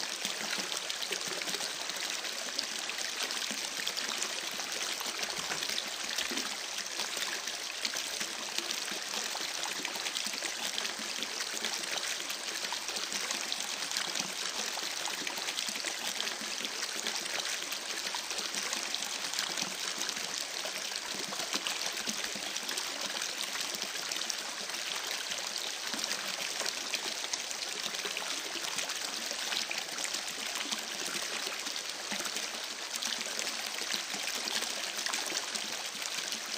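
A babbling creek runs steadily for the whole clip, a dense, bright rush of water with little change in level. Fine, quick pops and ticks are scattered through the flow, and there is almost nothing in the deep low end.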